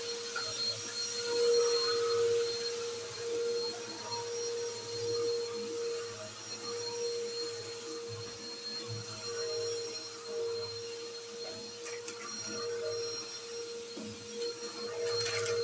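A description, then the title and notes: A vacuum runs steadily throughout, its motor holding a constant mid-pitched whine with a bright hiss above it. The level swells and dips gently as it moves, and a few short clicks and scrapes break through around twelve seconds and near the end. Spraying, wiping, and vacuuming.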